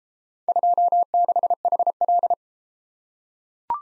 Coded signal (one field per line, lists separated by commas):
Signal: Morse code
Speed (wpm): 31 wpm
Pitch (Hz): 700 Hz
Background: none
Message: 26HL